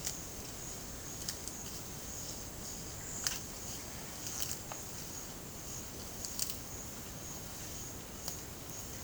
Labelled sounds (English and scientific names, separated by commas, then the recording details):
none
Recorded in pastures near Puerto Asís, Putumayo, Colombia, on 25 June 2025 at 10:00
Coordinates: 0.472, -76.331
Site G095